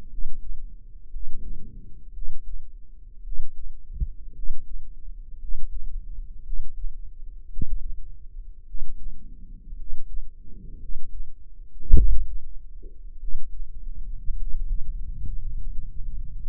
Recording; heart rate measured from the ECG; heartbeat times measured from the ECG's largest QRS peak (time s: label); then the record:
heart sounds by microphone in the right ear; 55 bpm
0.06 s: heartbeat
1.08 s: heartbeat
2.10 s: heartbeat
3.21 s: heartbeat
4.31 s: heartbeat
5.36 s: heartbeat
6.41 s: heartbeat
7.47 s: heartbeat
8.63 s: heartbeat
9.74 s: heartbeat
10.76 s: heartbeat
11.92 s: heartbeat
13.16 s: heartbeat
14.34 s: heartbeat
15.36 s: heartbeat
16.36 s: heartbeat
From the record:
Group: healthy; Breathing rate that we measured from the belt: 13 breaths a minute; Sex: male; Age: 23 years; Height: 178 cm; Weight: 96.6 kg